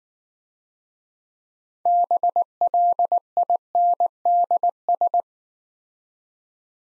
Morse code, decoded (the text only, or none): BLINDS